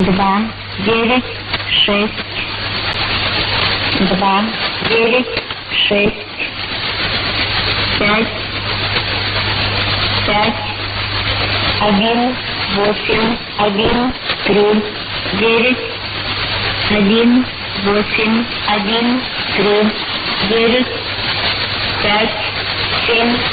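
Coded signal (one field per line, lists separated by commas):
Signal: numbers station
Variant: S06s Russian Lady, Russian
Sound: female voice reading Russian numbers in evenly spaced groups, repeated, over radio hiss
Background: radio static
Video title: 27 09 2017 Numbers station S06s Russian Lady in Russian to Eu 0830 on 9255 unknown tx site in CUSB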